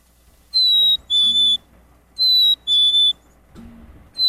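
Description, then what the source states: Black-capped chickadee song: clear two-note whistles, a higher note sliding to a slightly lower one, 'fee-bee', given twice with a pause, a third beginning at the very end; faint low hum beneath. Spring call, a two-tone whistle seeming to say 'Phoebe', 'see me' or 'sweetie'.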